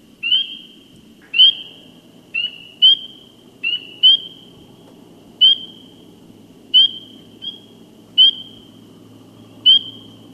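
Spring peeper calls: short, loud upslurred peeps repeated irregularly, about eleven in all.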